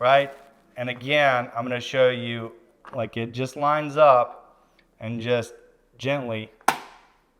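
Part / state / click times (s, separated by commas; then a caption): thermostat body onto wall base plate / seated / 6.7 s. A plastic thermostat body is lined up with its wall-mounted base plate and gently pressed on while someone talks. A single sharp snap at 6.7 seconds marks the thermostat seating onto the base plate.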